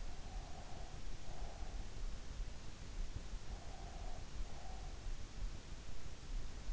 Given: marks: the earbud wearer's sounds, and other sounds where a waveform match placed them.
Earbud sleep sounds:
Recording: sounds in sleep by an in-ear microphone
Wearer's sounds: breath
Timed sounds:
0.06-1.77 s: breath
3.38-5.14 s: breath

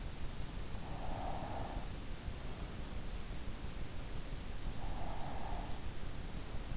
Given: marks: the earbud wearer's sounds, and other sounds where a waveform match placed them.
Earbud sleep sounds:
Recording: sounds in sleep by an in-ear microphone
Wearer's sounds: breath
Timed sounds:
0.62-2.79 s: breath
4.74-6.62 s: breath

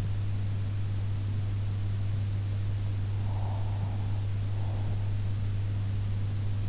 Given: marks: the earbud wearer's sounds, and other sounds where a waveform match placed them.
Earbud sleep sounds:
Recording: sounds in sleep by an in-ear microphone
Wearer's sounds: breath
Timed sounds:
3.11-5.17 s: breath

